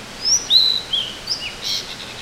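Bird call: a string of high, thin whistled notes, some sliding downward, over a background hiss.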